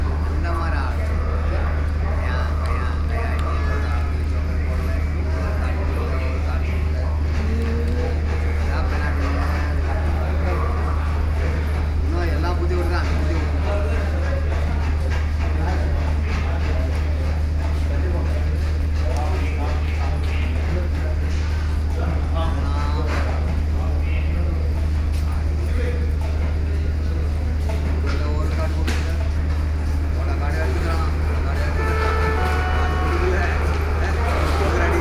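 A busy railway station with a dense, steady crowd of overlapping voices, a constant deep hum underneath, and scattered clatters and knocks throughout.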